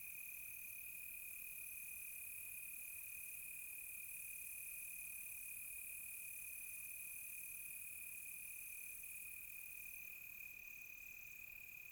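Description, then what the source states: Crickets keep up a steady ringing trill, joined by intermittent higher chirping phrases at fairly even intervals. Close crickets on a quiet tropical night.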